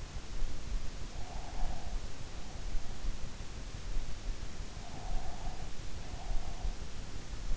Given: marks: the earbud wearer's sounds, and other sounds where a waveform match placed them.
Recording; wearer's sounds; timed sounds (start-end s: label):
sounds in sleep by an in-ear microphone; breath
1.08-2.89 s: breath
4.89-7.03 s: breath